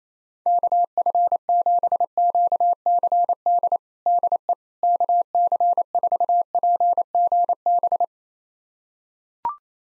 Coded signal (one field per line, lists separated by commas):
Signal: Morse code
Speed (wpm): 27 wpm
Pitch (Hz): 700 Hz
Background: none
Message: KF7QCD DE KC4PGB